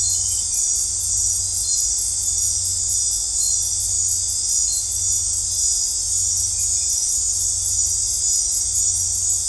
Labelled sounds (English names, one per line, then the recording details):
none
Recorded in dense forest near Puerto Asís, Putumayo, Colombia, on 15 December 2024 at 19:30
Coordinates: 0.503, -76.323
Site G043